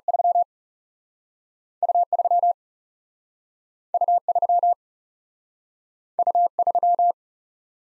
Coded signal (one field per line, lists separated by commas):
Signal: Morse code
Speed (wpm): 38 wpm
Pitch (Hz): 700 Hz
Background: none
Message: 3 U 3 U 3 U 3